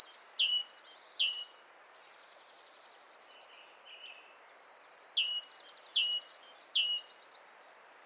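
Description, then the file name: Great tit calls: rapid high chirps and downslurred notes, a short lull with soft lower notes, then another dense burst. "Parus major"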